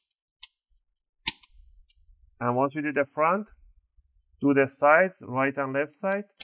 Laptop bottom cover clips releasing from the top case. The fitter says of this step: make sure you hear those big click sounds.